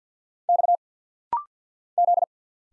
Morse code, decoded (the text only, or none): X Z